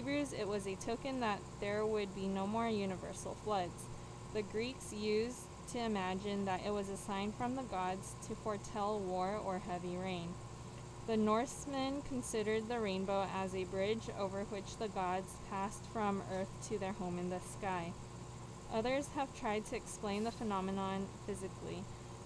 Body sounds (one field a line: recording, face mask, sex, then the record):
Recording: reading aloud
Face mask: surgical mask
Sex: female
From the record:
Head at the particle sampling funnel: tilted down, bridge of the nose in front of it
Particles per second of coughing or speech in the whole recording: 0.343